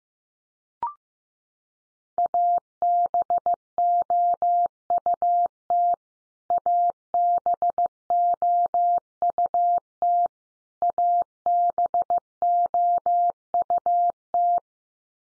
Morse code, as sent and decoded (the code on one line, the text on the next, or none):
.- -... --- ..- - / .- -... --- ..- - / .- -... --- ..- -
ABOUT ABOUT ABOUT